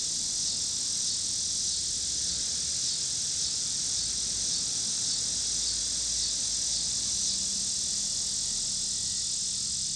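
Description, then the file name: High, unbroken cicada buzzing over a noticeable low rumble of passing traffic. Cicadas recorded with passing car noise in Pittsburgh, Pennsylvania, on 26 August 2023. "2023-08-26 cicadas and cars Pittsburgh PA"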